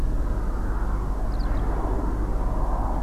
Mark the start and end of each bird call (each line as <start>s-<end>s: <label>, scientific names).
1.32s-1.62s: Alauda arvensis